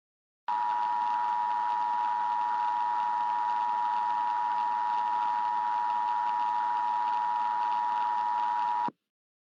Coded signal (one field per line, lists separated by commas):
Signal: Emergency Alert System (SAME) tones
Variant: 853 and 960 Hz attention tone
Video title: EAS Scenario #9: Hot Jupiter